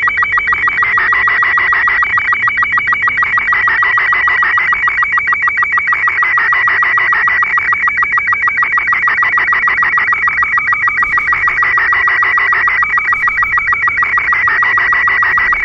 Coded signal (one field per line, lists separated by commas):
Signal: SSTV (slow-scan television)